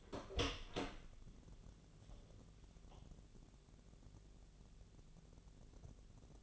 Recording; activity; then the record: daily activity, microphone in the room; open door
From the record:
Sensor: 4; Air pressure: 1001.2 hPa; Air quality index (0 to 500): 183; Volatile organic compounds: 2 ppm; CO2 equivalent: 1308 ppm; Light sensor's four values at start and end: 16/38/15/16 and 14/33/14/14